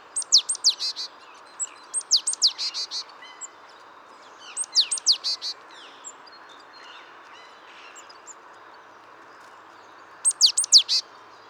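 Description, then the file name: Great tit calls: several groups of high, sharp notes in quick runs, with softer ticking notes in between over a low background hiss. "Parus major"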